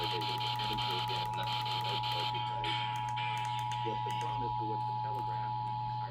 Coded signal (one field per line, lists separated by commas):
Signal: Emergency Alert System (SAME) tones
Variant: 853 and 960 Hz attention tone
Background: speech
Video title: Eas FFW on KTRH 740am KHJK 103.7fm and Kyaz 51.1 Eas#1301- 1303